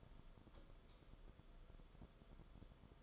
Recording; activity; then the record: daily activity, microphone in the room; light off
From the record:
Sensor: 5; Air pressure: 994.5 hPa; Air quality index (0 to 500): 191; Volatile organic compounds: 1000 ppm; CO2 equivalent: 5627 ppm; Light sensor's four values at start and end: 27/70/28/33 and 26/66/27/32